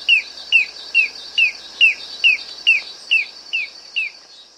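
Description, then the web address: Narrow-billed antwren: a steady series of ten sharp, downslurred whistled notes, about two per second, over a constant high insect-like buzz. From South America. "Natures Songs S America Narrow-Billed Antwren"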